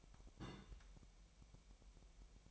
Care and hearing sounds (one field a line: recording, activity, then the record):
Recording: daily activity, microphone in the room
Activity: place on stove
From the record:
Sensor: 1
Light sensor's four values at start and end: 5/12/5/5 and 5/12/5/5